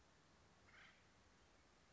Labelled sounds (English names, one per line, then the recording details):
Acorn Woodpecker
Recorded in Sonoma County, California